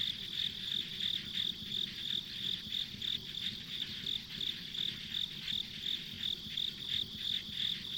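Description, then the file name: Insects keep up a rapid, regular high chirping for the whole stretch, backed by a continuous buzzing chorus and faint rumble. Ambient insect sounds on a country road. "田舎道の虫の環境音"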